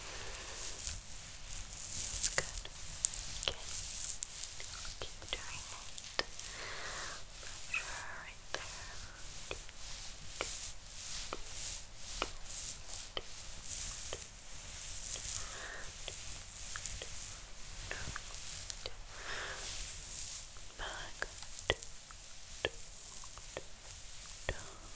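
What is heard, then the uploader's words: A dry scalp massage: fingers rub and scratch through hair in a dense, bright hiss that rises and eases in waves. Sharp little crackles and taps land irregularly every second or so, and a faint low rumble sits underneath throughout. ASMR Scalp Massage For Sleep & Relaxation.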